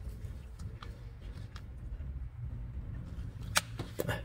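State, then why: Seated. A mainspring barrel cover is pressed onto a watch mainspring barrel with a small barrel-closing tool. Over a low background hum, a sharp click at 3.6 s marks the cover snapping home and seating, followed by a fainter tick at 4.0 s.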